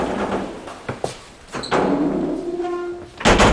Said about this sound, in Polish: Muszę zamknąć drzwi.